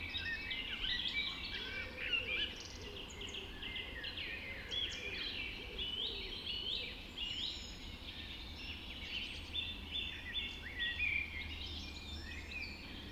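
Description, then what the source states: Birds: dense, softer chorus of many birds blending together, continuous chirps, warbles and trills, with a low steady rumble underneath. Dawn chorus recorded just after dawn in the Forest of Dean.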